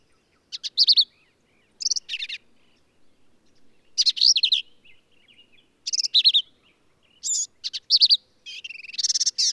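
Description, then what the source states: Black-capped vireo song: lively phrases of slurred and buzzy notes, repeated and changed, ending in a harsh buzzy rattle. Male; endangered species; varies phrases, truncating, embellishing or running several together; lively, emphatic performance; Kerr Wildlife Management Area, Hunt, Texas hill country.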